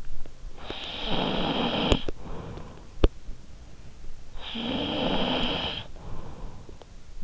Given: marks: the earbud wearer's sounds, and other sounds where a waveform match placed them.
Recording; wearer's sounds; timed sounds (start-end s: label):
sounds in sleep by an in-ear microphone; snoring breath
0.39-2.90 s: snoring breath
4.27-7.24 s: snoring breath